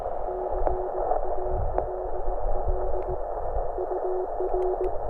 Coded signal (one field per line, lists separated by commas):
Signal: Morse code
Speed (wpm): 19 wpm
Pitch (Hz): 370 Hz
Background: radio noise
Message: CALL UR